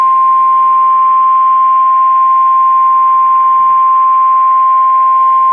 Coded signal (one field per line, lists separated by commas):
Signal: Emergency Alert System (SAME) tones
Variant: 1050 Hz attention tone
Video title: Severe Thunderstorm Warning (EAS 1815) 5/11/22